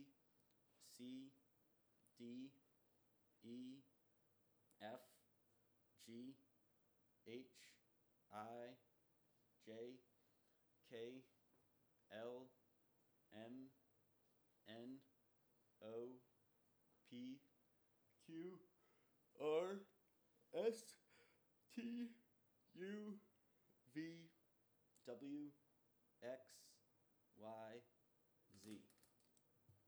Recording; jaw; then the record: letters of the alphabet, spoken; free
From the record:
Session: first day, before the bite bar